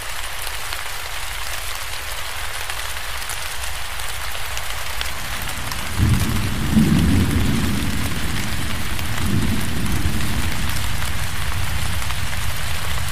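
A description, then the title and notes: Steady, dense rain hisses evenly through the whole stretch in a forest. Around the six-second mark a deep rolling rumble of thunder rises and lingers, swelling again near ten seconds while the rain carries on unchanged. Forest Rain Sounds For Sleep | Thunderstorm White Noise.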